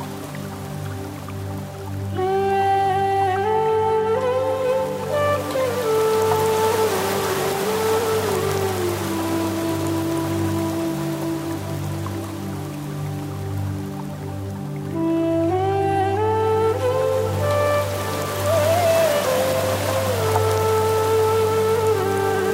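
Heavy rain patters steadily on the streets beneath a low, sustained drone. A flute plays two slow, rising phrases, one from about 2 to 8 seconds and another from about 15 to 21 seconds, each climbing gradually and holding long notes.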